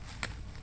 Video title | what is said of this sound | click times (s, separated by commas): Beast Kingdom 1989 Batman DAH 056 Figure Review | this one is a little better you feel the little click | 0.2 s